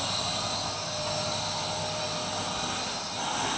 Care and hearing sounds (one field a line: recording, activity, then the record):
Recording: daily activity, microphone in the room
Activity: vacuum cleaning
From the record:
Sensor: 2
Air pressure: 1001.8 hPa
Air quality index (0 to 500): 248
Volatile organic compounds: 39 ppm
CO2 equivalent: 3130 ppm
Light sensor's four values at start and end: 7/23/9/9 and 8/27/10/10